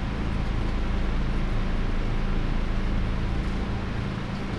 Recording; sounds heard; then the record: poultry house recording; no chicken sound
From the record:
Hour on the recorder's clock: 22